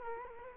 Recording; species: mosquito wingbeat signal from an infrared sensor; Culex quinquefasciatus